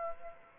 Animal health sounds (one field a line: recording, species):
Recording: mosquito wingbeat signal from an infrared sensor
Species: Aedes aegypti